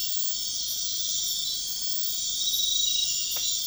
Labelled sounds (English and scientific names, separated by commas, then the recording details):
none
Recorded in dense forest near Puerto Asís, Putumayo, Colombia, on 4 March 2025 at 00:30
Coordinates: 0.500, -76.322
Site GP06